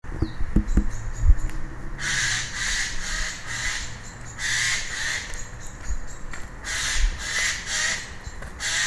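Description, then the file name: Eurasian jay making rough, noisy rasping calls in a spaced series after a few clicks and knocks at the start, over low rumbling background noise. "Garrulus glandarius"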